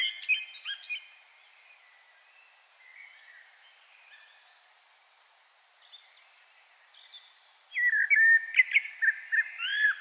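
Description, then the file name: Common blackbird song: a short warble at the start, a long quieter stretch with background hiss, then a louder fluted phrase. "Turdus merula"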